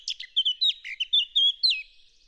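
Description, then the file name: Eurasian blackcap song: a quick run of clear, fluty whistled notes, loud and varied, ending in a brief fading twitter. "Sylvia atricapilla"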